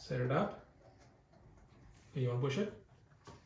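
A PSU's CPU power cable plug is handled and pushed toward the motherboard CPU power header while someone talks. Between the two bursts of talk there is only faint, low handling noise. Nothing has seated or clicked yet.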